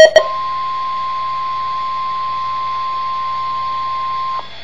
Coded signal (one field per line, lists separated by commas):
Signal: Emergency Alert System (SAME) tones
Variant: 1050 Hz attention tone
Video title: EAS Test #1 1-26-11